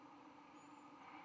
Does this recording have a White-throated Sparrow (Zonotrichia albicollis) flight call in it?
no